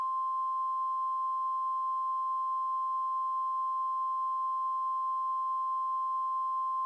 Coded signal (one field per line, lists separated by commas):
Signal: Emergency Alert System (SAME) tones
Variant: 1050 Hz attention tone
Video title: DID YOU LOVE ME? - An EAS Scenario